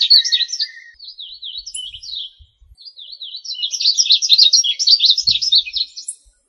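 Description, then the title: Bird singing a fast, varied twittering song of high chirps and trills, a brief pause near the middle, then a denser burst of rapid notes. "LuckyPassaros CompletosSama"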